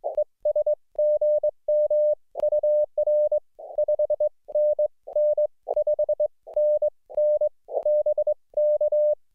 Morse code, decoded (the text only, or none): ES GM UR 5NN 5NN BK